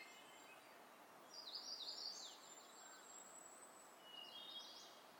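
Black-throated Blue Warbler song: a faint, buzzy, high phrase of a few notes, then a softer similar buzz near the end, over steady background hiss.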